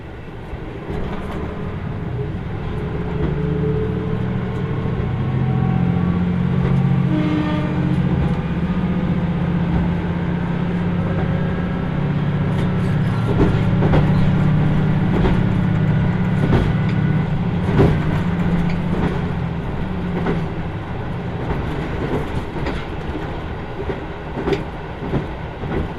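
Inside the Kyushu Odan limited express train on the Hohi Line, a steady low engine drone hums under scattered clicks and knocks of the rails.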